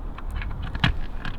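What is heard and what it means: A fog lamp bulb holder on a 2021 Citroen C3 is lined up by its tabs, pushed into the lamp housing and turned a little clockwise. Soft plastic handling knocks are heard, the loudest at about 0.8 seconds. Nothing has seated or clicked yet, and the bulb is not faulty.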